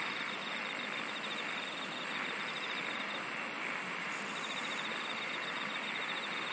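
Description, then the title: Insect chorus with shrill high bursts pulsing roughly every second, a continuous whine behind them and a lower ticking trill that fades in and out. "SINGING OF INSECTS"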